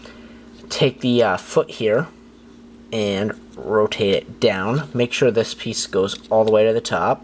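A plastic foot piece is handled on the leg of a small transforming robot toy: the foot is rotated down and a piece is pushed all the way to the top while someone talks. Nothing has seated or clicked yet; the clip ends just before the foot piece snaps into place.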